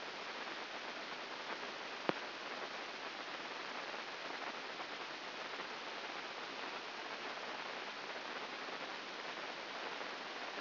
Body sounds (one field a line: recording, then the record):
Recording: brain microelectrode recording played as sound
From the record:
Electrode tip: inside the subthalamic nucleus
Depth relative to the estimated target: -1.5 mm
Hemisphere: left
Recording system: AlphaMap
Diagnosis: Parkinson's disease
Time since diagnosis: 14 years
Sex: female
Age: 58 years